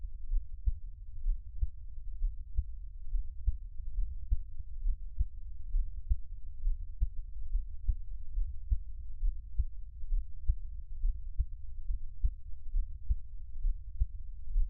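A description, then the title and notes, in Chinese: A heartbeat, heard very low, thumps steadily at a regular pace of roughly one beat every 0.85 seconds. Each beat is a soft, muffled pulse over a constant deep rumble, with nothing bright or high above it and no other sounds. 獻上我的心跳 | Give my Heartbeat | NO Talking。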